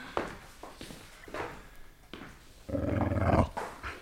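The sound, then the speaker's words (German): After a few soft thuds and shuffling footsteps as people go to check on the dog, the dog lets out one loud, throaty growl lasting under a second, then it fades back to quiet rustling. No one speaks. “Na, wollen wir nach dem Hund sehen,”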